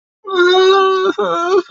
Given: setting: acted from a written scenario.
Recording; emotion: vocal sound without words; sadness